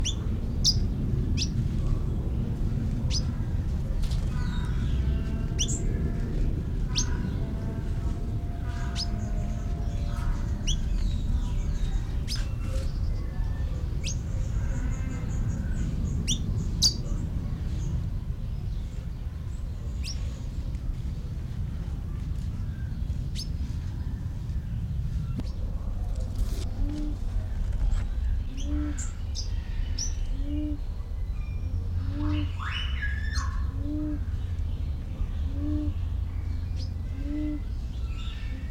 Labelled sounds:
Pin-tailed Whydah (Vidua macroura)
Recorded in captivity
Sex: male
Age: adult
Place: Zoo Berlin, Berlin, DE
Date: 1994-07-16 10:33
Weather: sonnig, 22-26°C
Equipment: Marantz CP 430, Sennheiser ME 80, Kopie Uher Variocord 263
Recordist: Tembrock, Günter

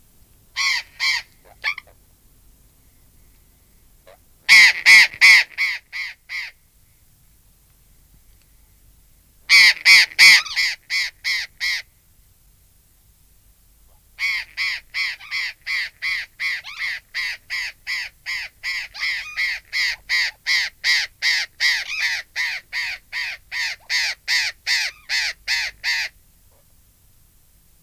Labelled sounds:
Burrowing Parrot (Cyanoliseus patagonus) call
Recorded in captivity
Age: adult
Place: Tierpark Berlin, Berlin, DE
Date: 2000-12-21 16:03
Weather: bedeckt, 0°C
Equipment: Nagra SN, Kopie Uher 4000 Report Monitor
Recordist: Tembrock, Günter
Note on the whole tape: Lautfolgen (Entfernung ca. 1 m)

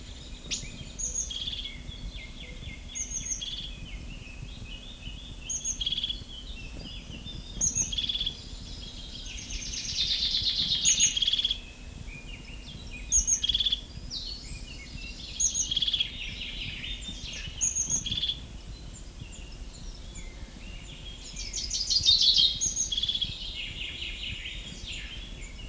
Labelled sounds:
Common Chaffinch (Fringilla coelebs)
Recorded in the wild
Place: Mežakla, Julijske Alpe, Gorenjska, SI
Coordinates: 46.4, 14
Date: 1967-06-17
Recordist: Brunner, Thomas
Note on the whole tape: Gesang eines Buchfinks

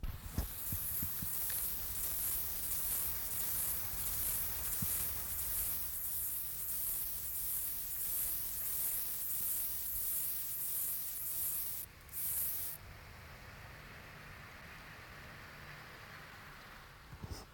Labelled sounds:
Stripe-winged Grasshopper (Stenobothrus lineatus) stridulation
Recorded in the wild
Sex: male
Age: imago
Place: Treuchtlingen, Heumöderntal, Bayern, DE
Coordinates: 48.96, 10.91
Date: 1993-09-21
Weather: 24 °C, sonnig
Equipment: Marantz CP 430, Sennheiser MKH 416 T, Kopie Uher Variocord 263
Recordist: Tembrock, Günter

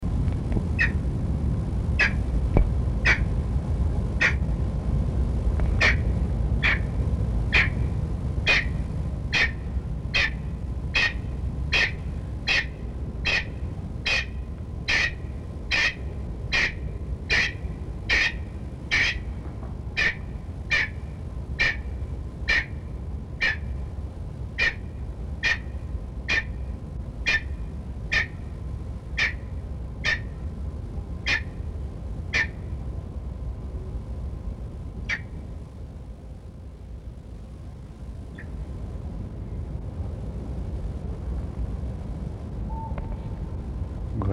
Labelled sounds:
Golden Pheasant (Chrysolophus pictus) call
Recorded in captivity
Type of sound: call
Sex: male
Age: adult
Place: Tierpark Berlin, Berlin, DE
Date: 1964-01-04 16:50
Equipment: Minifon, Kopie BG 26/1
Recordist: Tembrock, Günter
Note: Vollständige Rufreihe des aufgebaumten Althahnes. Abstand ca. 5 m. Volle Dämmerung

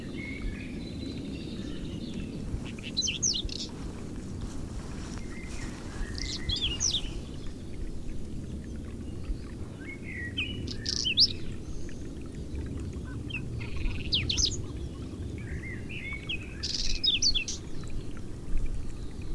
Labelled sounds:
Whinchat (Saxicola rubetra) song
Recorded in the wild
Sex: male
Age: adult
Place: Waldsieversdorf, Rotes Luch, Brandenburg, DE
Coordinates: 52.535, 14.0406
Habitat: grassland
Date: 1992-04-30 12:10
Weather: fair, 15°C
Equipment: Aiwa HD-S1, Sennheiser ME 80, Hochpass 1000 Hz
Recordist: Frommolt, Karl-Heinz

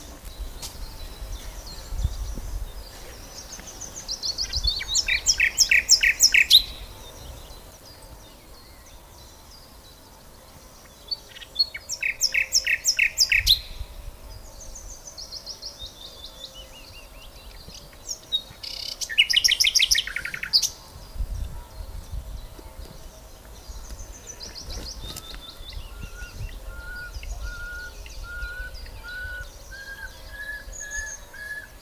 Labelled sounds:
Common Nightingale (Luscinia megarhynchos) song
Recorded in the wild
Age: adult
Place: Lübars (Fließtal), Berlin, DE
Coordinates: 52.6167, 13.35
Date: 2001-04-28 11:45
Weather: fair, ca. 15°C
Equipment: Nagra SN, Kopie Uher 4000 Report Monitor
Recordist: Tembrock, Günter
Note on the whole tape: Gesang (bis 11.54 Uhr)

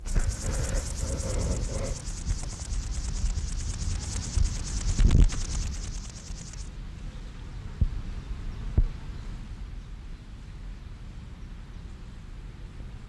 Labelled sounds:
Upland Field Grasshopper (Chorthippus apricarius) stridulation
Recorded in the wild
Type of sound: stridulation
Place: Blankenfelde, Berlin, DE
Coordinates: 52.625, 13.404
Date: 1992-07-19 10:55
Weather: wolkig - sonnig, 22°C, Wind
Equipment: Marantz CP 430, Sennheiser ME 80, Kopie Tesla B 116
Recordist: Tembrock, Günter
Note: Botanische Anlage; zusammen mit Metrioptera roeseli Stridulation

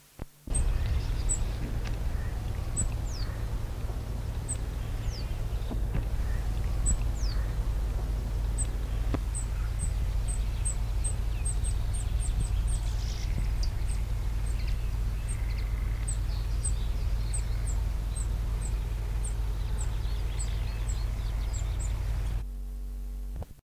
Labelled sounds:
Reed Bunting (Emberiza schoeniclus) call
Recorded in the wild
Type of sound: call
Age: subadult
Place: Helstorfer Moor, Niedersachsen, DE
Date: 1972-07-15
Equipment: Halbspur, 9,5 cm/s
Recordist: Lütgens, Hans
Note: Flügges

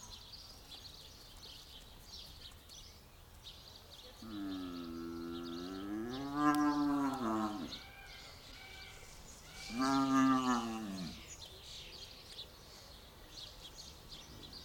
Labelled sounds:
African Buffalo (Syncerus caffer) call
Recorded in captivity
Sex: female
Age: adult
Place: Tierpark Berlin, Berlin, DE
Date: 1995-05-21 14:59
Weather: wolkig, 17°C
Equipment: Marantz CP 430, Sennheiser ME 80, Kopie Uher 4000 Report Monitor
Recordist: Tembrock, Günter

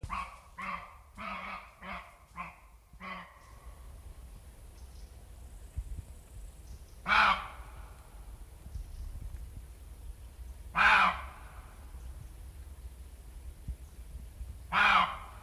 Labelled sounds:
Western Roe Deer (Capreolus capreolus) barking
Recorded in the wild
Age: adult
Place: Strausberg, Barnim, Brandenburg, DE
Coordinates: 52.5375, 13.8989
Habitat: meadow
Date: 1989-08-13 19:06
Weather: sunny, 22°C in the sun
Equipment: Riporter 6 RG-K, Halbspur, Sennheiser MKH 416 T
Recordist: Frommolt, Karl-Heinz

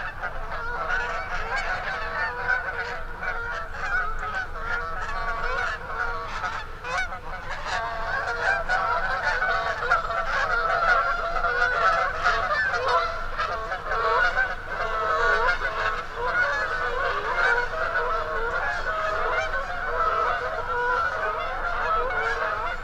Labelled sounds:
Canada Goose (Branta canadensis) call
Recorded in the wild
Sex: group
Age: diverse
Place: Langasjönas, Blekinge, SE
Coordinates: 56.2286, 14.8522
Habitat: lake
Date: 2006-08-04
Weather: clear, ca. 15°C, no wind
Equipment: Marantz PMD 660, Sennheiser ME 66, Windkorb
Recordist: Frommolt, Karl-Heinz

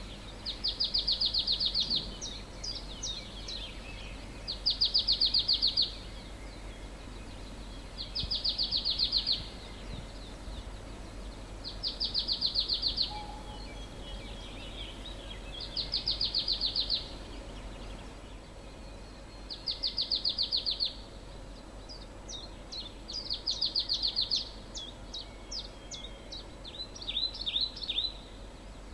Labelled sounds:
Marsh Tit (Poecile palustris)
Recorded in the wild
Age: adult
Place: Villach, Kärnten, AT
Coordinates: 46.591, 13.824
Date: 1972-04-29
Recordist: Brunner, Thomas
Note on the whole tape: Aufgenommen aud der Napoleonswiese, Villach

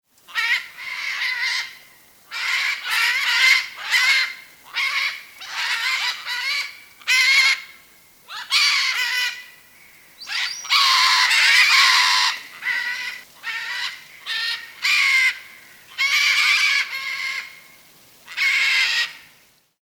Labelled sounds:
Red-and-green Macaw (Ara chloropterus)
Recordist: Tembrock, Günter
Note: Flugrufe

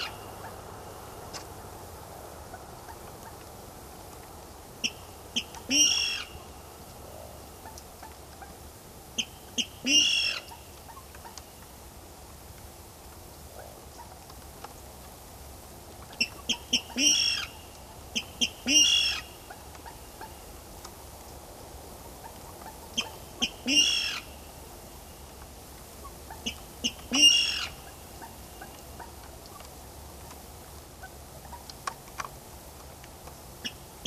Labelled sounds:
Water Rail (Rallus aquaticus) courtship call
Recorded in the wild
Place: Auweiher Wört, Baden-Württemberg, DE
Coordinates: 49.0392, 10.2475
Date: 1966-05-02
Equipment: Uher Report 4000, AKG D190
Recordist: Krey, Winfried

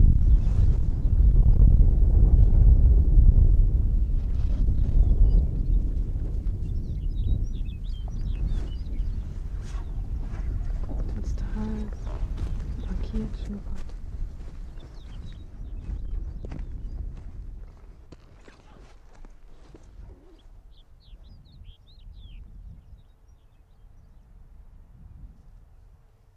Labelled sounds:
Arctic Fox (Vulpes lagopus)
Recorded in the wild
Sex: male
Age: adult
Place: Insel Mednyi, Kommandeur-Inseln, RU
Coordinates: 54.5167, 168.083
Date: 1999-07-14
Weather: 6°C, Nebel, mäßiger Südostwind
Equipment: Sony WM-D6C, Sennheiser ME 80, K 30 AV, Windkorb, Kopie Sony TCD-D8
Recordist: Jakupi, Antje
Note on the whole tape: Südosten der Insel, Haupttal, "Fichtelberg": Eine Bellstrophe des Rüden violett/grün 71. Zuvor leises "Quietschen" des gleichen Tieres. Entfernung ca. 5 m

